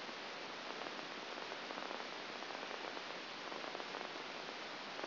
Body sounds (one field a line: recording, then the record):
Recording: brain microelectrode recording played as sound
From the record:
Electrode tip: outside the subthalamic nucleus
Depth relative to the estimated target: -8 mm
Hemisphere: left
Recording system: AlphaMap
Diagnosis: Parkinson's disease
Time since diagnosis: 9 years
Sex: male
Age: 68 years